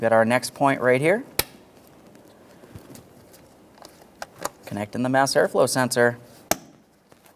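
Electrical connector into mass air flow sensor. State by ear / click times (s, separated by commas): seated / 6.5 s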